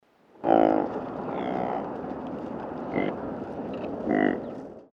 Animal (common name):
Saiga